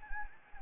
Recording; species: mosquito wingbeat signal from an infrared sensor; Anopheles gambiae